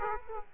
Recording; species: mosquito wingbeat signal from an infrared sensor; Aedes aegypti